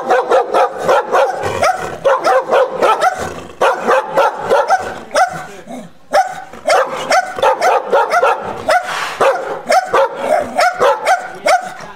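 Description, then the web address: Dog giving fast volleys of loud barks, a couple of brief gaps, then the frantic barking resumes. Large dog, barking angrily. "cane che abbaia ascoltare arrabbiato grande"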